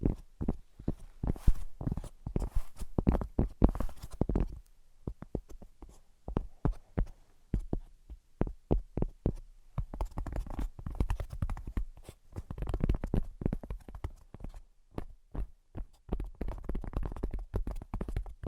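Rapid tapping in quick, uneven bursts, dense at first, thinning out around the middle, then picking up again with lighter clustered taps.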